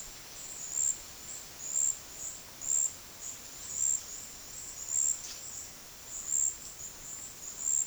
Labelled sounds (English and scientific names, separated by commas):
none